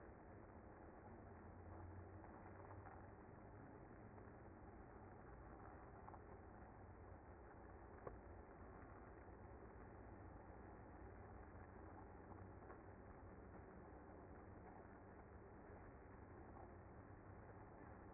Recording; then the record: honeybee colony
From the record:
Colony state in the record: active